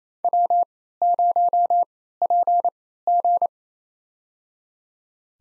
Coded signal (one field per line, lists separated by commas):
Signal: Morse code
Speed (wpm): 27 wpm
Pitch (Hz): 700 Hz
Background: none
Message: W0PG